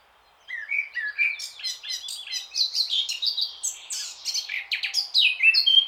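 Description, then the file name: Eurasian blackcap song bursting in after a short silence, a rapid jumble of twittering and rich fluty whistles continuing to the end. "Sylvia atricapilla"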